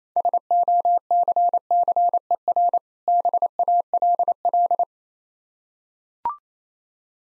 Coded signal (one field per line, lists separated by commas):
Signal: Morse code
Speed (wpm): 28 wpm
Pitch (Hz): 700 Hz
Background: none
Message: SOCCER BALL